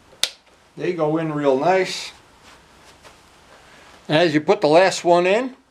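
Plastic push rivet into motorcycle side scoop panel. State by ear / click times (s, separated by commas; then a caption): not seated / none. Plastic pop rivets are being handled for fitting into a custom side scoop trim panel on a 2020 Yamaha MT-09 motorcycle, with the last rivet about to be pushed in. A brief sharp snap is heard at 0.2 s, then someone talks over a quiet background. The last rivet has not clicked home or seated yet.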